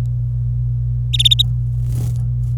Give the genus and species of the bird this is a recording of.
Serinus canaria